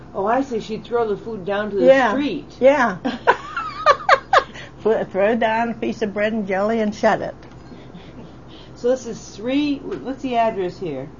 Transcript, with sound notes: Oh I see, she'd throw the food down to the street!
Yeah, yeah. (both laugh) Throw down a piece of bread and jelly and shut it.
So this is three, what's the address here?